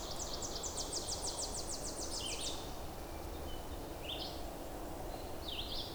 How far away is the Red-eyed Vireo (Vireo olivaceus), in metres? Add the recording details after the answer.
about 30 m. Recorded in boreal forest in Alberta, Canada, on 26 May 2016 at 07:10. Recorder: SongMeter 3, array SBT-3-15. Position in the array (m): 104 m, 203 m